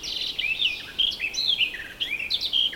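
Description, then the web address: Birds in chorus: overlapping clear whistled phrases and quick chirps from multiple singers, continuous throughout. Several birds singing in an early morning forest. "multi voiced bird singing in the early morning forest"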